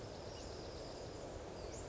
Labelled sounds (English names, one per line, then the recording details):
Western Flycatcher
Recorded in Sonoma County, California